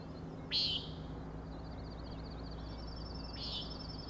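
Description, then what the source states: Common nighthawk calling two harsh, nasal peents about three seconds apart, with a thin pulsed trill running between them and low background hum. Three birds flying in close formation, following each other, near a 410 ft overlook on Schoodic Head, Acadia National Park, Winter Harbor, Maine; 4am, 06/16/17; peenting, wing booms and rattling noise.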